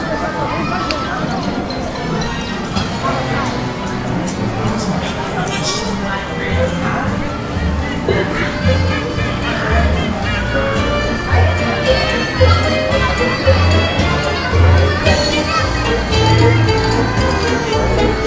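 Theme park ambience with a steady, dense crowd murmur of many voices running throughout. Low rumbling underneath grows slightly stronger in the second half, with brief brighter calls and clatters scattered across the scene.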